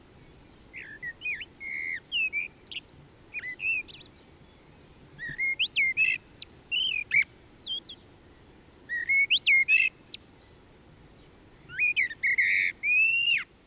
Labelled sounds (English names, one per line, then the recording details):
Common Blackbird song
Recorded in the wild
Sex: male
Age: adult
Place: Garmisch-Partenkirchen, Bayern, DE
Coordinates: 47.4914, 11.0781
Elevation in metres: 703
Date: 1968-04-20
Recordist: Tretzel, Erwin